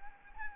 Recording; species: mosquito wingbeat signal from an infrared sensor; Anopheles arabiensis